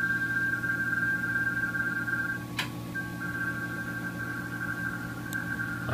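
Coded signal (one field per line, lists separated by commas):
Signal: RTTY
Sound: two close warbling tones alternating rapidly over low hum, one short crackle midway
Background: low hum, radio static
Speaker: kilo8 echo uniform radio so i'm going to respond with 599 utah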